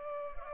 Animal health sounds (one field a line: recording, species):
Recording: mosquito wingbeat signal from an infrared sensor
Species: Culex pipiens